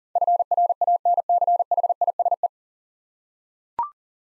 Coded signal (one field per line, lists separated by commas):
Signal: Morse code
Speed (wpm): 38 wpm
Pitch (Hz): 700 Hz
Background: none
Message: FRANCHISE